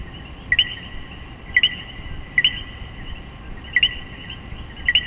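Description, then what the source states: Coquí giving its two-part co-qui call five times, a short low note jumping to a higher one, over constant soft hiss. Puerto Rico.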